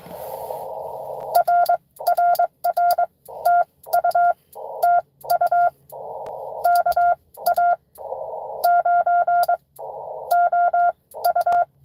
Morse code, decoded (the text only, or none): RRR TU TU KA9OU